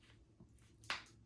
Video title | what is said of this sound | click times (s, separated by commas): Cirkul Flow Filter and Redesigned Lid! Is The New Lid Better? | and you'll hear it click. When you hear that click, that means it is locked in place. It is ready for use. | 0.8 s, 0.9 s